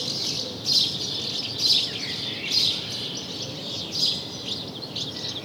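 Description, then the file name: House sparrow with grating chirps in quick bursts, nearly one per second, over a hissy background. "Passer domesticus"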